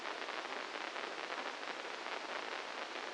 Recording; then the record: brain microelectrode recording played as sound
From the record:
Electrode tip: inside the subthalamic nucleus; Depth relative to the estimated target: -4 mm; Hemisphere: right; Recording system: NeuroSet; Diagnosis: Parkinson's disease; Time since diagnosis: 15 years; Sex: female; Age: 59 years